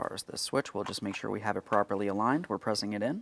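A plastic electrical wiring connector is aligned and pressed onto the switch on the driver-side plastic trim panel of a 2007-2014 Ford Edge during rear shock absorber replacement, while someone talks throughout. The connector has not seated or clicked yet; the clip ends just before it goes home.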